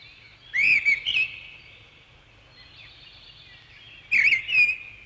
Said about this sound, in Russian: Тут Зарянка выручает. Она птичьи часы. Взлетев на макушку елочки, Зарянка от имени всех дневных малых птиц прощается с солнцем.